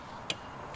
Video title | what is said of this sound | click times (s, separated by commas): How to Change the Rear Tire on a Piaggio BV400 | can just barely hear the click on that for those. | 0.3 s